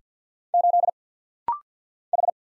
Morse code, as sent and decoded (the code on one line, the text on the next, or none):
---.. / ....
8 H